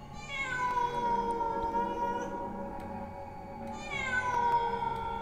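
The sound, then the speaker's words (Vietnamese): A cat yowls in two long, wailing cries that rise and hold, sounding eerily like a crying baby, with a strong harmonic tone and no talking. “Loáng thoáng có lúc nó gào lên nghe như là trẻ con nó khóc, rợn cả người. Thế nhưng mọi lần tôi sợ tiếng mèo kêu lắm.”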